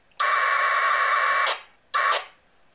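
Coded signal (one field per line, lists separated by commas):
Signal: packet radio (AX.25, as in APRS)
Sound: two harsh buzzing data bursts, one long and one short, separated by brief silence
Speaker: and that's the ocean radio you're hearing there and you can see the connection's taking place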